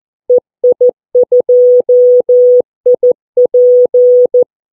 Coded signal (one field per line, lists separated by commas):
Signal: Morse code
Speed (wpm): 14 wpm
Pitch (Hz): 490 Hz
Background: none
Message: EI2IP